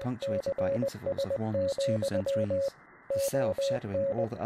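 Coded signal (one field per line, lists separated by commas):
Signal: Morse code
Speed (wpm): 20 wpm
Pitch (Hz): 550 Hz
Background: speech, radio noise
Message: CS, ON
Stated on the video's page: Morse-like sound among real space sounds recorded by satellites, used in an anthology of short films.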